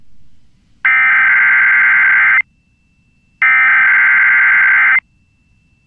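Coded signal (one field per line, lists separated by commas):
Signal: Emergency Alert System (SAME) tones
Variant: header bursts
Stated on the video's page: Three PDS Tornado Watch alerts issued by the Storm Prediction Center, recorded from a station's IP stream, shortened.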